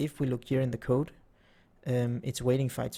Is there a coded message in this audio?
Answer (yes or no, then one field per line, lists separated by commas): no